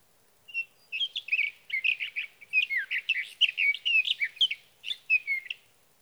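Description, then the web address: Sage thrasher song, an extended, hurried series of clear warbled and slurred notes, nearly continuous for about five seconds, with no other sounds. "birdsongforthecurious Sage Thrasher"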